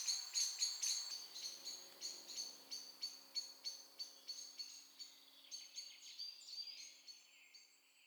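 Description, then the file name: Common blackbird calls: sharp metallic chinks repeated about three or four times a second, weakening after five seconds as other thin, high bird notes and a faint low hum continue. "Turdus merula"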